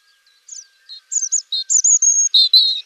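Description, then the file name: European robin song: soft, high notes building into a quick series of sweet whistles and jingling trills. "Jeanchr Rochechr-chr Rougegorge"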